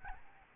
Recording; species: mosquito wingbeat signal from an infrared sensor; Aedes albopictus